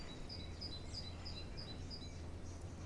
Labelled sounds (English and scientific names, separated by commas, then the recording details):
Great Tit (Parus major)
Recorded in Germany
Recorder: ecoPi